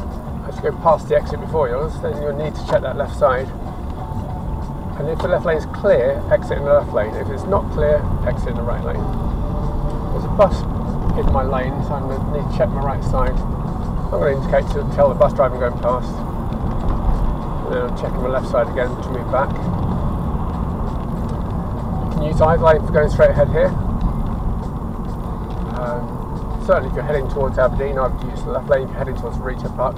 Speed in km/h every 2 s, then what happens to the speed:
26, 26, 27, 34, 37, 40, 42, 44, 45, 47, 45, 42, 39, 37, 34.
3-17 speeds up to 47. 17-30 slows to 34.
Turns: none.